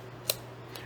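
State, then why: Seated. An interchangeable lens, its index dots lined up, is dropped onto the bayonet mount of a Pentax P3N film SLR and turned clockwise. A sharp click at 0.3 s marks the mount lock, followed by a fainter tick at 0.8 s over a steady low hum. The lens is seated and locked in place.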